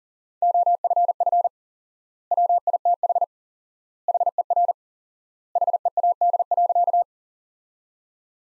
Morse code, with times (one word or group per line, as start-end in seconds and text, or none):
0.4-1.5 OFF
2.3-3.2 WITH
4.1-4.7 HER
5.6-7.0 HEAD.